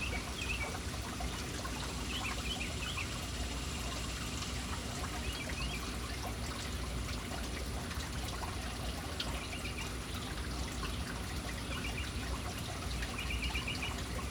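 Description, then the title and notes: Birds chirping in short, quick series of bright notes scattered throughout, over a steady rush of splashing fountain water. City birds hanging around an urban fountain. "Urban birds at fountain. Relaxing sounds of City Birds hanging around fountain"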